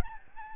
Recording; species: mosquito wingbeat signal from an infrared sensor; Aedes albopictus